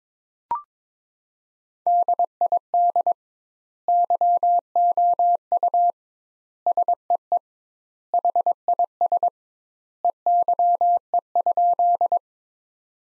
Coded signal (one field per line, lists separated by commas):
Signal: Morse code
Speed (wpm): 21 wpm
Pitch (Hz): 700 Hz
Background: none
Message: DID YOU SEE HIS EYE?